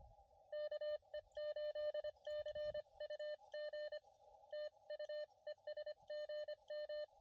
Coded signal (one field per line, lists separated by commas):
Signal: Morse code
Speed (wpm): 25 wpm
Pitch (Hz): 1800 Hz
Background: radio noise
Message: KE8CUG TU ES GM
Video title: ATNO CW POTA